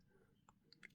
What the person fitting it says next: A nice click sound at the bottom. Well done.